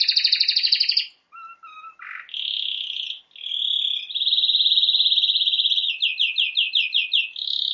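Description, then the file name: Canary singing a buzzy rattle, a few low notes, then long rolling trills and a series of quick descending slurs. "Canary Voice"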